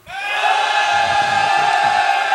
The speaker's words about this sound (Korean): 근데 저분들 지금 제가 봤을 땐 병장 30명 2등병 5명 왔어요. 아, 그러니까 함성이 아니고 야유를 보낸 것 같아요. 그러니까 이등병 다섯 명이 소리가 와 나오는 순간에 병장들이 이렇게 보고 있다가